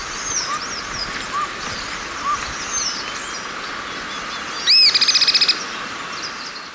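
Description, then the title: Bird song: scattered soft chirps and short whistles, then a loud, high, buzzy pulsed trill near the end lasting under a second, over steady background hiss. "LuckyPassaro Completos2Sama"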